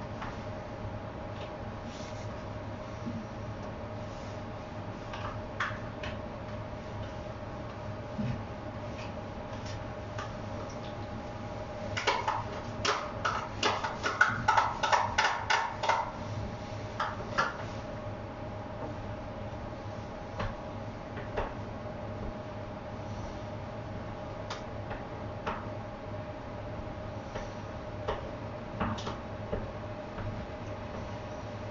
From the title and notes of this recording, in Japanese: キッチンでの物音。粕漬けを作るための粕床を作っています。